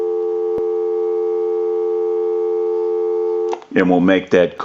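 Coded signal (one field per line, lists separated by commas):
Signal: telephone call progress tone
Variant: North America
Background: speech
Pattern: dial tone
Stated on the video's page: Call progress tone heard on a Disney Mickey Mouse telephone during checkout and repair.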